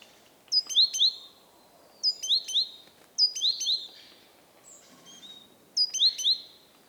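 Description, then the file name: Great tit giving clear whistled phrases of a few sharp descending notes, repeated several times over a quiet background. "Parus major"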